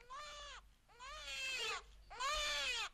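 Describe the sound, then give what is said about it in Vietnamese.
A newborn baby boy, just delivered, cries loudly in three long, wailing bursts, each a shrill, rising-then-falling howl separated by brief gasping pauses, with no one speaking. “cho đến khi có tiếng trẻ con khóc ré lên.”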